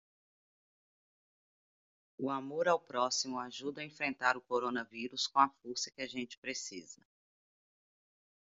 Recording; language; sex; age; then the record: spoken sentence; Brazilian Portuguese; female; 40 to 49 years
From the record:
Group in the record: control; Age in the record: 48 years